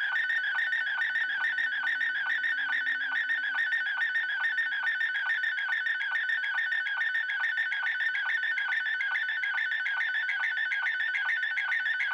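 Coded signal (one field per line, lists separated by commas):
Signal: SSTV (slow-scan television)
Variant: Robot36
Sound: steady warbling, chirping tone with a fast regular ticking rhythm throughout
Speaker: we are ready to receive my dad's image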